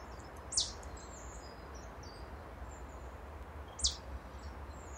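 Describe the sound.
Marsh tit giving two separate very high, thin downslurred notes about three seconds apart, over a low background hiss.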